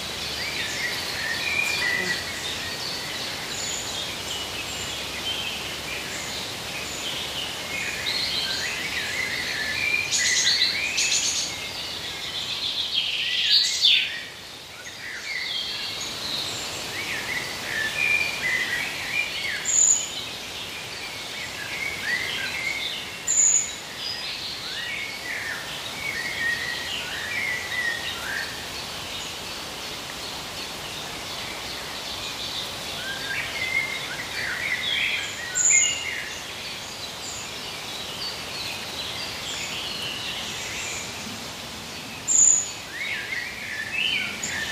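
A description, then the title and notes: Outdoors in the woods, a steady bed of chirping birds carries on throughout, mostly bright, quick calls. Short high ticks appear every few seconds, and a brief louder rustle near fourteen seconds interrupts before the constant, even background resumes. IN THE WOODS.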